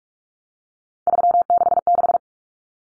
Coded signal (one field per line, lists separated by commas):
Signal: Morse code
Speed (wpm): 44 wpm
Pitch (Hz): 700 Hz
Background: none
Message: 366